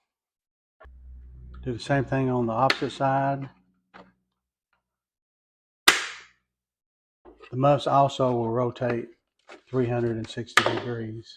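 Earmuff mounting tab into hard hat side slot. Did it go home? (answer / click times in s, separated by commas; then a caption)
yes / 5.9 s. Someone talks, then a plastic earmuff mounting tab is pushed down into the slot on the opposite side of a hard hat, giving one loud, sharp snap at 5.9 s like the first side. The tab seats in the slot, and the talking resumes afterward.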